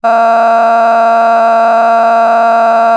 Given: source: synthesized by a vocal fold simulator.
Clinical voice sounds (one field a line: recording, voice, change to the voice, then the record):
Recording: sustained vowel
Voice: female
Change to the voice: a random mix of aspiration noise, stiffness perturbation and strain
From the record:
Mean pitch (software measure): 229 Hz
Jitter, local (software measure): 1.75%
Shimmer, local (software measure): 5.3%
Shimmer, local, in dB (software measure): 0.47 dB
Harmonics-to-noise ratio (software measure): 15.9 dB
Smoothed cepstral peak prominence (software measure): 15.5 dB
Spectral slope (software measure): -18.8 dB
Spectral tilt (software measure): -10.7 dB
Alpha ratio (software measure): -9.2 dB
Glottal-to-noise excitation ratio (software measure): 0.962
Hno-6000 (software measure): 2.2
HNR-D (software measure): 37.5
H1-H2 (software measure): 0.7 dB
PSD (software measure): 7.2e-05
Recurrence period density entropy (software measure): 0.119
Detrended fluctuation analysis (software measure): 0.0114